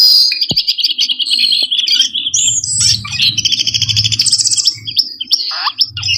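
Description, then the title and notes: Bird song in a loud dense run: fast high trills, sharp chirps and buzzy notes crowding together, with a faint low rumble in part. Bird lure sounds meant to attract wary birds that are hard to approach. "Suara Burung Bandel Yang Susah Mendekati. Kompilasi Suara Pikat Burung"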